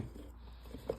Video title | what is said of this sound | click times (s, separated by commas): 2017 Audi a4 oil change b9 | make sure it's nice and snug there you'll hear the you'll hear a little you will hear the little click | 0.9 s